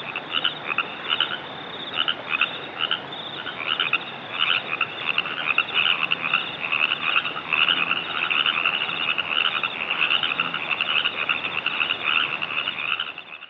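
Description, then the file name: Baja California chorus frog chorus, many overlapping rapid creaky calls repeating throughout, forming a dense continuous din. Chorus recorded in San Diego. "phypochondriacasdchorus"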